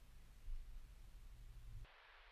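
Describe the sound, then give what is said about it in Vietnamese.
Steady, faint static hisses from a radio on board a moving vehicle, over a low rumble, for about two seconds, then abruptly switches to a thinner, higher-pitched hiss with the low end dropping away. “Trên xe lúc này có tiếng MC trên cái đài radio phát ra rè rè.”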